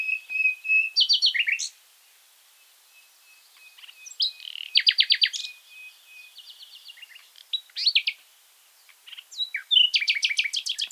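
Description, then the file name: Common nightingale delivering varied phrases of fast repeated notes, sharp upslurs and a thin sustained whistle, separated by brief pauses, ending in a loud rapid trill. "Luscinia megarhynchos"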